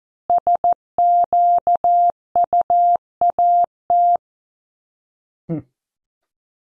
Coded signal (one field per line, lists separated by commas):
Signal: Morse code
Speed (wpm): 14 wpm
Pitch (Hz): 700 Hz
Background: none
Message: SQUAT